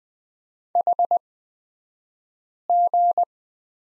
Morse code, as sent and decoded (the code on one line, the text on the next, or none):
.... --.
HG